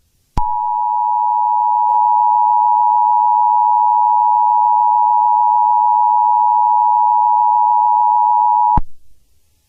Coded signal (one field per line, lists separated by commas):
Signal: Emergency Alert System (SAME) tones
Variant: 853 and 960 Hz attention tone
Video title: EAS- Blizzard Warning but the EAS is opening Christmas presents. [Merry Christmas!]